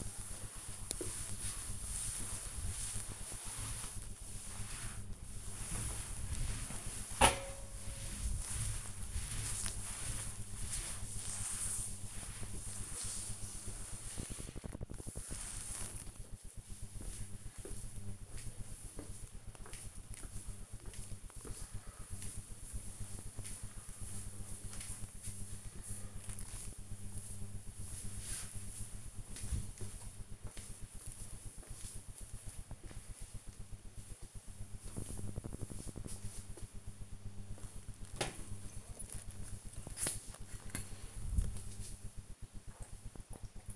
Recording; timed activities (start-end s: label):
household activities, microphone on the right wrist
0.00-15.40 s: cleaning table
37.47-43.76 s: drinking